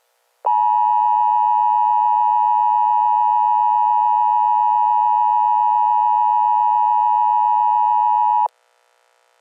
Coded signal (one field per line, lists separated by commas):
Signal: Emergency Alert System (SAME) tones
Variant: 853 and 960 Hz attention tone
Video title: EAS: Contagious Disease Warning - Charleston, Mount Pleasant, Summerville, Dorchester County